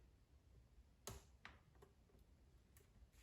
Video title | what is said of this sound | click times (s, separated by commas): DOING A HELLCAT STEERING WHEEL SWAP ON MY WIDEBODY SCATPACK CHARGER | very simple just push it into place until you hear that click and | 1.1 s, 1.5 s